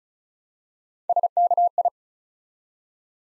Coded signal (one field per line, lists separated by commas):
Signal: Morse code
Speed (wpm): 36 wpm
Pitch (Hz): 700 Hz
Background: none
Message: SKI